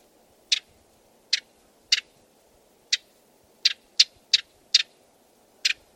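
Bird giving sharp, dry clicking notes, single or doubled, repeated irregularly about every half second to a second over a low steady hiss.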